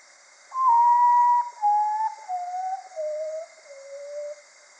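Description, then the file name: Common potoo mournful song of about five long whistles sliding downward in stepped pitch, fading toward the end, with constant soft background hiss. "Common Potoo Nyctibius griseus"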